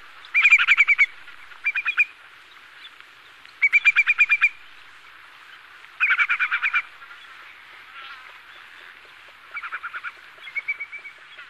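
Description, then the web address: Whimbrel giving rippling trilled calls, rapid runs of clipped whistled notes in short bursts at irregular intervals, some shorter and softer. Recorded on Sakhalin and the Kuril Islands. "priroda sakhalina i kuril. Numenius phaeopus"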